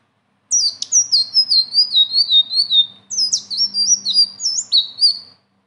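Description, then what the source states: Leafbird song: two bursts of quick, high, sliding whistled notes, each a rolling chain of down-slurs with a faint low hum beneath. Singing actively with a rolling song and varied fill-ins.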